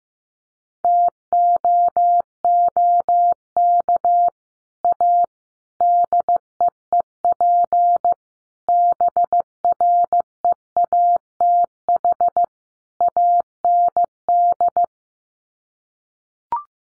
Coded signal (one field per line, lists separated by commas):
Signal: Morse code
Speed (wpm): 15 wpm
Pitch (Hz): 700 Hz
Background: none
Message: TOOK A DEEP BREATH AND